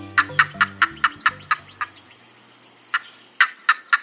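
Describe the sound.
Green heron giving a rapid series of short, dry clicking kuk notes, pausing midway then resuming, over a steady high insect whine and low rumbling sounds at the start.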